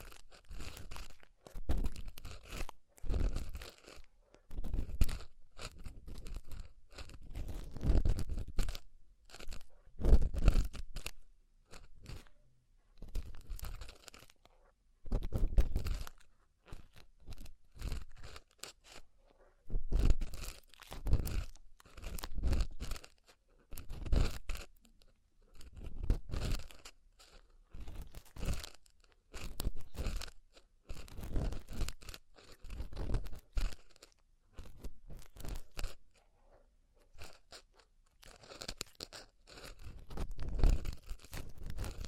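An ear cleaning session made of dense, crunchy scratching and rustling bursts, each lasting a second or two with short gaps between. The bursts repeat irregularly throughout, some with a heavier low thump, others thin and crackly, with near silence in between.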